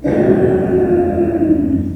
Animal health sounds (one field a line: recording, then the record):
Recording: squeal of a Yucatan mini pig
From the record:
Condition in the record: after surgery on the right vocal fold (resection and tissue-engineered implant)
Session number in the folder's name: 4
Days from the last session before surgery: 26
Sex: female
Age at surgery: 19 weeks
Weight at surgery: 25 kg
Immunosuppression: prednisolone